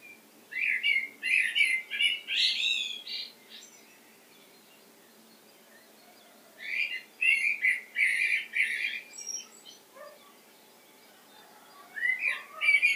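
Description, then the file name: Common blackbird producing two separate bouts of harsh twittering chatter, split by several seconds of quiet, with one short burst starting again at the close. "Turdus merula"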